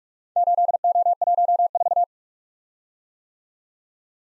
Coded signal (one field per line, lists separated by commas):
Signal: Morse code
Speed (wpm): 44 wpm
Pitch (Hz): 700 Hz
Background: none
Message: 8O14